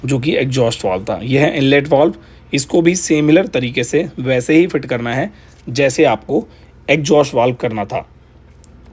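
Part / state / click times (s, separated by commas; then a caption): valve cotters into valve spring retainer cap on engine cylinder head / seated / 8.6 s. Someone talks for about 8 seconds while fitting the intake valve on a motorcycle cylinder head, pressing the spring and retainer cap down so the metal valve cotters (collets) lock into the cap. A sharp, short hit is heard at 8.6 s, followed by a fainter one at 8.9 s against quiet background hum. The cotters are seated and the valve is locked.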